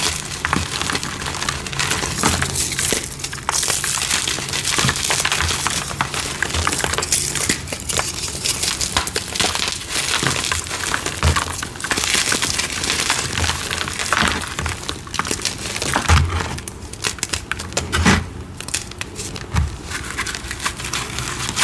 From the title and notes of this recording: ORANGE Citric Acid Dyed Chalk Series. Crispy, crunchy, powdery gym chalk crumbling asmr.